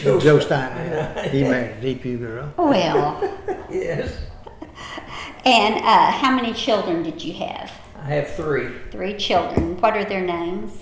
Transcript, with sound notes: Joe Stiner. Yeah, he married a Depew girl.
Well. (Laughter) And how many children did you have?
I have three.
Three children. What are their names?